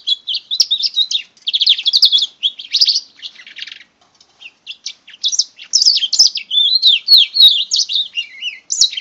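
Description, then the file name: House finch × canary hybrid song, a fast, rambling warble of twittering, slurred notes with short pauses and a quieter stretch near the middle. "hibrid housefinch x kenari omkicau"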